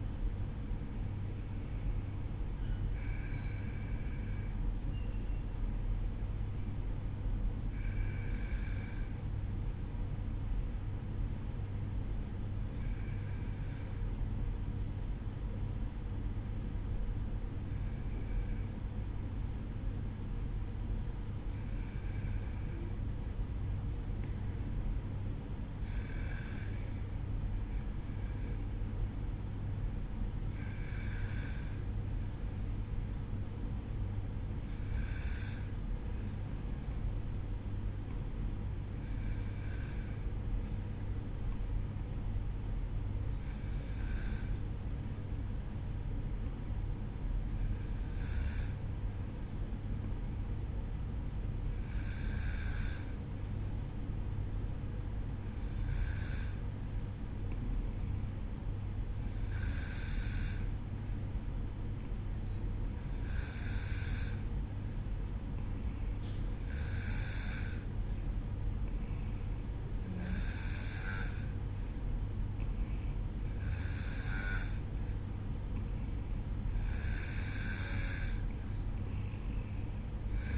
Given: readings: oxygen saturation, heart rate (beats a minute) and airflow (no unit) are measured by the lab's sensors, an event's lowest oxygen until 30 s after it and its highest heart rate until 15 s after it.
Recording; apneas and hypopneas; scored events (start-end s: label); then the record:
breathing in sleep by a smartphone at the bedside; 1
9.00-46.40 s: hypopnea (N1, oxygen 95% highest, then 93% lowest, heart rate 52 at the start, 54 highest)
45.00-80.58 s: new sleep stage, N2 (light sleep)
From the record:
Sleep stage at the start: N1 (lightest sleep); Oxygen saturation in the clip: 92 to 95%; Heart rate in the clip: 52 to 58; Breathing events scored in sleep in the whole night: 305 in 9.6 hours asleep